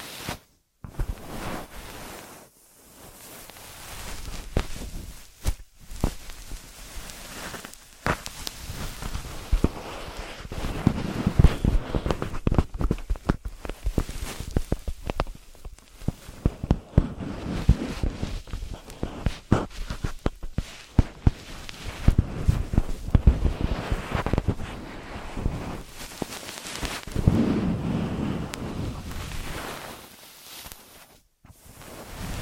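An ear massage and cleaning: dense, uneven rubbing and scratching, low and muffled, with brief silent gaps near the start and end.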